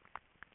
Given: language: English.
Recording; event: throat vibration sensor signal played as sound; swallow